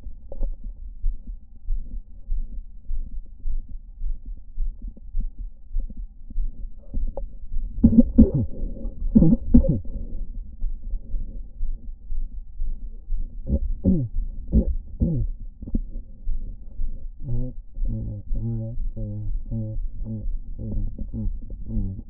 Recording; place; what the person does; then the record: lung sounds by stethoscope; left anterior apical chest; quiet breathing, then cough and speech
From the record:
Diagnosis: none (healthy); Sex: male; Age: 30 years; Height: 190 cm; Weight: 88 kg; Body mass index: 24.4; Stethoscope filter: diaphragm mode